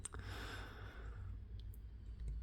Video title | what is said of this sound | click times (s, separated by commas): Chronique n°168 : Masters of the universe "cartoon collection" : Skeletor | essayer de déclipser la tête je suis pas trop fan d'éclipser comme ça les hop | 0.1 s